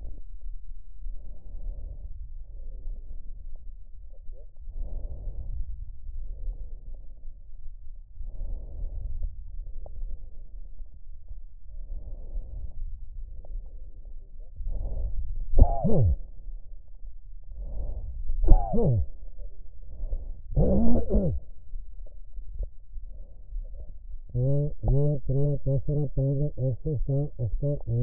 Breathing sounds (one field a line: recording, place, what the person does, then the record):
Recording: lung sounds by stethoscope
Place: right anterior apical chest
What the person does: quiet breathing, then cough and speech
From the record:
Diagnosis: pulmonary infection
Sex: male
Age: 54 years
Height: 187 cm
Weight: 95 kg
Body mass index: 27.2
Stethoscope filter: extended mode